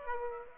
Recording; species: mosquito wingbeat signal from an infrared sensor; Aedes aegypti